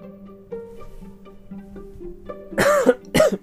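Two short, harsh coughs from an adult man, about half a second apart, over a steady background hum.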